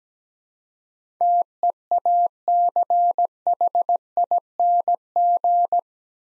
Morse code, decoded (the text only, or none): TEACHING